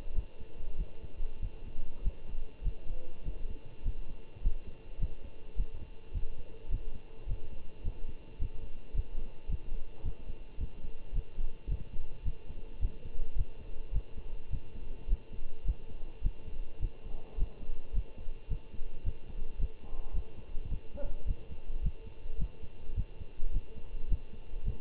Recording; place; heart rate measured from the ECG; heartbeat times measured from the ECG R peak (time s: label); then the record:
heart sounds by stethoscope; between the tricuspid and mitral areas; 105 bpm
0.13 s: heartbeat
0.76 s: heartbeat
1.40 s: heartbeat
2.02 s: heartbeat
2.62 s: heartbeat
3.23 s: heartbeat
3.83 s: heartbeat
4.41 s: heartbeat
4.98 s: heartbeat
5.55 s: heartbeat
6.12 s: heartbeat
6.69 s: heartbeat
7.26 s: heartbeat
7.83 s: heartbeat
8.38 s: heartbeat
8.93 s: heartbeat
9.48 s: heartbeat
10.03 s: heartbeat
10.58 s: heartbeat
11.13 s: heartbeat
11.68 s: heartbeat
12.23 s: heartbeat
12.80 s: heartbeat
13.35 s: heartbeat
13.92 s: heartbeat
14.50 s: heartbeat
15.08 s: heartbeat
15.64 s: heartbeat
16.22 s: heartbeat
16.80 s: heartbeat
17.37 s: heartbeat
17.93 s: heartbeat
18.48 s: heartbeat
19.04 s: heartbeat
19.58 s: heartbeat
20.13 s: heartbeat
20.69 s: heartbeat
21.26 s: heartbeat
21.81 s: heartbeat
22.37 s: heartbeat
22.95 s: heartbeat
23.51 s: heartbeat
24.08 s: heartbeat
24.64 s: heartbeat
From the record:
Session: Bruce protocol treadmill stress test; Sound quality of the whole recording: good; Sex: male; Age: 25 years